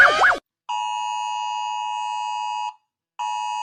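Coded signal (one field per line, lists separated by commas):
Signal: Emergency Alert System (SAME) tones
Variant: 853 and 960 Hz attention tone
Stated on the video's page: Remade EAS alert made with PicsArt and iMovie.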